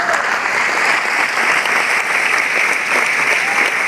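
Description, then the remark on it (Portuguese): An audience applauds the Lord steadily, a dense, even wash of clapping that stays loud and unbroken throughout, with no voices standing out. “Pode aplaudir o Senhor por”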